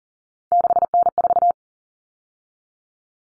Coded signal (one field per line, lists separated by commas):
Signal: Morse code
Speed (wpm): 40 wpm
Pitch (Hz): 700 Hz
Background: none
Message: 6N4